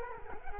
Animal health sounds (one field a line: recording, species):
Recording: mosquito wingbeat signal from an infrared sensor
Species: Culex quinquefasciatus